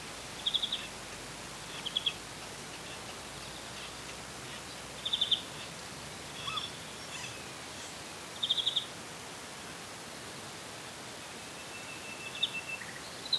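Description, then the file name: European greenfinch giving brief, rapid trilled bursts every few seconds over a steady hiss of background noise. "Chloris chloris"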